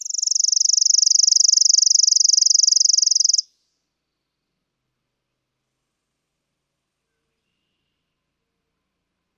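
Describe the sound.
Chipping sparrow giving one fast, flat, mechanical trill of high chips for about three and a half seconds, followed by long silence and the start of another.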